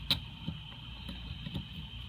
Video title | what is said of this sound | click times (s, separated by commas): 2002-2006 Toyota Camry 2009-2013 Lexus IS250 Front Brake Pads and Rotor How to Install Episode #2 | And they'll should pop into place, just like that. | 0.1 s